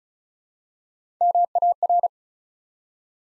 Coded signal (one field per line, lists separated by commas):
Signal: Morse code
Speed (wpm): 36 wpm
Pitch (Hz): 700 Hz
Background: none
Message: MAR